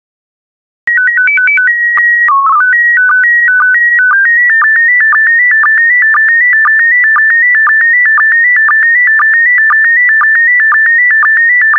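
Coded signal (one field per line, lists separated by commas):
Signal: SSTV (slow-scan television)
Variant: PD 120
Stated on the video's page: SSTV PD120 images of World War II planes, software-generated for decoding practice.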